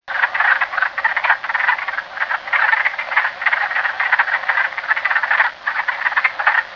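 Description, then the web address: Wood frogs in chorus, a dense stream of short, clucking, duck-like croaks overlapping continuously with brief dips in intensity. "alan wolf rana sylvatica chorus"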